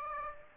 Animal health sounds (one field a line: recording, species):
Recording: mosquito wingbeat signal from an infrared sensor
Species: Aedes aegypti